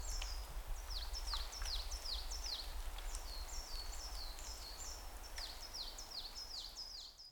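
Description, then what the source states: Bird song of rapid high, downward-sweeping notes repeated in quick runs, over a steady low rumble of background noise. Forest with falling snow.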